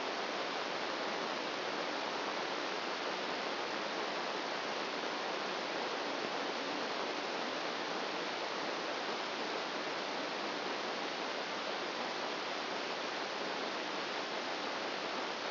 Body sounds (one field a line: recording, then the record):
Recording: brain microelectrode recording played as sound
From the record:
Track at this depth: outside the subthalamic nucleus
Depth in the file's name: -1.109 mm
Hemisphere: right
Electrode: 2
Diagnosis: Parkinson's disease